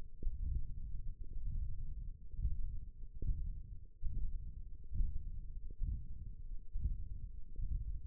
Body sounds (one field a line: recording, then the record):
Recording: forearm muscle sounds (acoustic myography)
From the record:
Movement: index flexion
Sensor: system 1, eight BSWA MPA416 microphones around the upper forearm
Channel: 2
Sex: male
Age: 21 years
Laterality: right